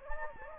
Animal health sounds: mosquito wingbeat signal from an infrared sensor; Anopheles gambiae

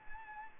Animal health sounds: mosquito wingbeat signal from an infrared sensor; Anopheles arabiensis

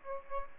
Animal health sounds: mosquito wingbeat signal from an infrared sensor; Aedes aegypti

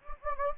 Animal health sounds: mosquito wingbeat signal from an infrared sensor; Anopheles gambiae

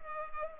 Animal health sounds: mosquito wingbeat signal from an infrared sensor; Culex pipiens

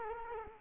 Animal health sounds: mosquito wingbeat signal from an infrared sensor; Culex quinquefasciatus

